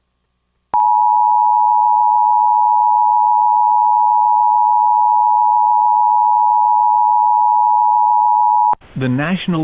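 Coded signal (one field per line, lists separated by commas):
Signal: Emergency Alert System (SAME) tones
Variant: 853 and 960 Hz attention tone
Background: speech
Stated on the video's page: Mock tornado warning with valid EAS tones, made on request.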